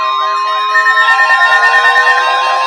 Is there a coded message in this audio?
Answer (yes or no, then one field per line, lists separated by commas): no